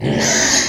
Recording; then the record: squeal of a Yucatan mini pig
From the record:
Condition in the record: before surgery on the right vocal fold (resection and tissue-engineered implant); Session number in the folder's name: 2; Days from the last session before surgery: 0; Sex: male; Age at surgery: 12 weeks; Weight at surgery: 13 kg